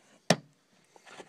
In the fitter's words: you can hear it snap you can feel it secure